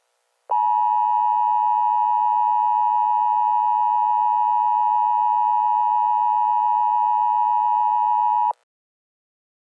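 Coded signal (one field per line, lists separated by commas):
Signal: Emergency Alert System (SAME) tones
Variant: 853 and 960 Hz attention tone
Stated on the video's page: Fictional EAS scenario based mostly on the film "Hard Rain."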